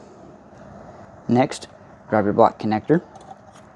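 A black plastic electrical connector is handled before being pushed onto the low-beam headlight bulb of a 2007–2012 Hyundai Santa Fe, while someone talks over a steady low background hum. A brief faint tick sounds near 3.3 s, but the connector has not yet seated or clicked by the end of the clip.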